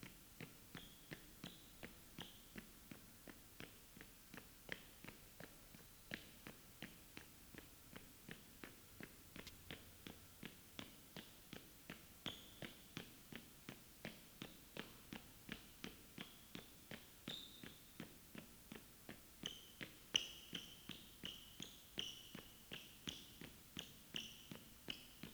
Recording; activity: daily activity, guitar pickup as the sensor; run